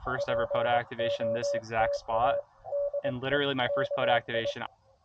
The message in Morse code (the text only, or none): POTA DE KI